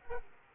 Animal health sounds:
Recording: mosquito wingbeat signal from an infrared sensor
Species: Aedes aegypti

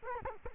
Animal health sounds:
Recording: mosquito wingbeat signal from an infrared sensor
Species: Culex quinquefasciatus

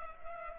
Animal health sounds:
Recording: mosquito wingbeat signal from an infrared sensor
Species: Culex pipiens

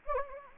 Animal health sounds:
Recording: mosquito wingbeat signal from an infrared sensor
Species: Anopheles gambiae

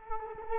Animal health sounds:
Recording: mosquito wingbeat signal from an infrared sensor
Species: Culex quinquefasciatus

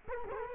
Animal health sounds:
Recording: mosquito wingbeat signal from an infrared sensor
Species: Culex quinquefasciatus

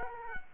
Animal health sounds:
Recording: mosquito wingbeat signal from an infrared sensor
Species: Culex quinquefasciatus

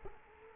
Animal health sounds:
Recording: mosquito wingbeat signal from an infrared sensor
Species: Culex quinquefasciatus

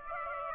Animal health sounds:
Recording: mosquito wingbeat signal from an infrared sensor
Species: Aedes aegypti

